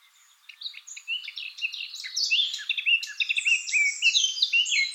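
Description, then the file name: Eurasian blackcap song, starting softly then swelling into a fast, varied warble of sharp chirps and trills. "Sylvia atricapilla"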